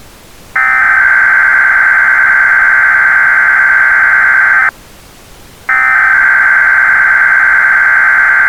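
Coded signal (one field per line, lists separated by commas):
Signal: Emergency Alert System (SAME) tones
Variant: header bursts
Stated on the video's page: Simulated, solo-made EAS scenario of a severe weather outbreak in the Ozarks.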